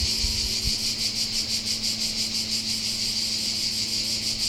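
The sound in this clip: Cicada buzz, a high pulsing drone with softer beats, over a low steady hum and a couple of brief low thumps near the start.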